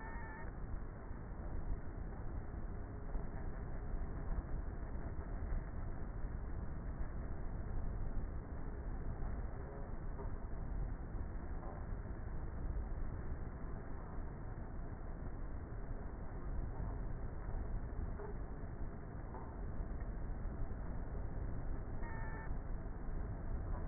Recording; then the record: honeybee colony, microphone inside the hive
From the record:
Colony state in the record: queenless with a low population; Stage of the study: before two queens were removed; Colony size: about 30,000 bees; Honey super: no